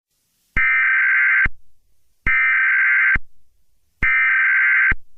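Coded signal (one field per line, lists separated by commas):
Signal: Emergency Alert System (SAME) tones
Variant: header bursts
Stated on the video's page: Fictional EAS scenario.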